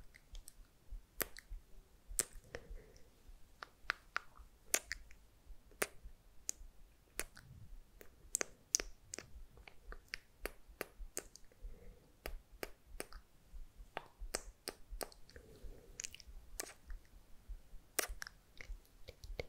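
Mouth sounds with wet clicks, smacks and kiss-like pops come in quick irregular bursts, with soft rustling hand movements filling the gaps.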